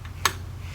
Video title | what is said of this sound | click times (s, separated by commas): Lamicall Bicycle cell phone clamp unpack | okay you'll hear it pop in | 0.3 s